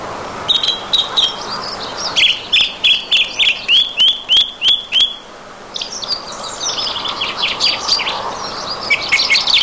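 Song thrush singing a phrase of short, sharp notes repeated about ten times in quick succession, then a varied run of scratchy, twittering notes.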